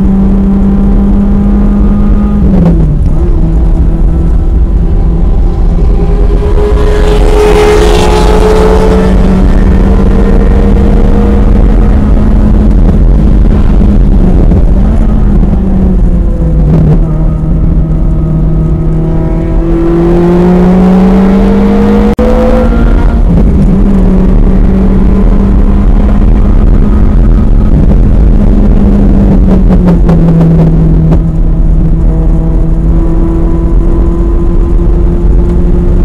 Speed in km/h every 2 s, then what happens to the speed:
113, 114, 118, 121, 134, 145, 135, 93, 87, 97, 121, 130, 143, 142, 116, 113, 119, 124.
0-11 speeds up to 145. 11-16 brakes to 87. 16-24 speeds up to 143. 24-29 brakes to 113. 29-36 speeds up to 124.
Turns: 13-18, 28-33.